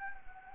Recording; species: mosquito wingbeat signal from an infrared sensor; Anopheles gambiae